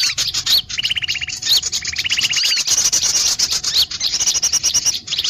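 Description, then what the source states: Bird calls, two buzzy rattling trills amid continuous high chirps and whistled notes. Bird lure call (pikat), described as a thousand birds.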